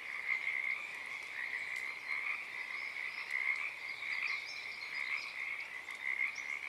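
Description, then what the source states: Pacific tree frog chorus: steady overlapping rattling croaks forming a continuous pulsing drone throughout. Chorus starting and stopping at Oaks Bottom Wildlife Refuge, Portland, Oregon, USA, on the morning of Friday April 7, 2023; uncommon at that time of day.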